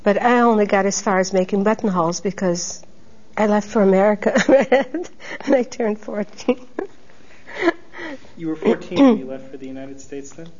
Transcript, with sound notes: But I only got as far as making buttonholes, because -- I left for America ( she laughs ) when I turned fourteen.
You were fourteen when you left for the United States, then?